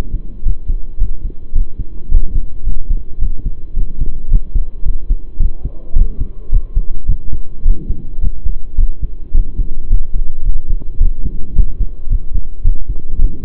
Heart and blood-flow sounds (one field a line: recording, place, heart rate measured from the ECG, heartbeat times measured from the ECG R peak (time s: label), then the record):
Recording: heart sounds by stethoscope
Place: between the tricuspid and mitral areas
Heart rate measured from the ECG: 108 bpm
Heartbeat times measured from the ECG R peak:
0.44 s: heartbeat
1.00 s: heartbeat
1.54 s: heartbeat
2.10 s: heartbeat
2.65 s: heartbeat
3.20 s: heartbeat
3.75 s: heartbeat
4.30 s: heartbeat
4.84 s: heartbeat
5.39 s: heartbeat
5.95 s: heartbeat
6.51 s: heartbeat
7.08 s: heartbeat
7.65 s: heartbeat
8.21 s: heartbeat
8.77 s: heartbeat
9.34 s: heartbeat
9.89 s: heartbeat
10.44 s: heartbeat
11.00 s: heartbeat
11.55 s: heartbeat
12.09 s: heartbeat
12.64 s: heartbeat
13.18 s: heartbeat
From the record:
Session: pedaling a stationary bicycle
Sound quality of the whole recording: saturated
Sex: male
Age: 23 years